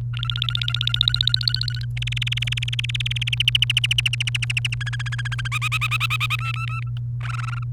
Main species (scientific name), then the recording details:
Serinus canaria. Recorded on 28 April 2018 at 17:55. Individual llb3